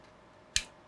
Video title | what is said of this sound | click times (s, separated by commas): Razer Deathadder Left-Handed Edition Scroll Wheel Transplant (Skip to THE SOLUTION Chapter) | oh it just sort of clicked into place the circuit board is seated right now where | 0.6 s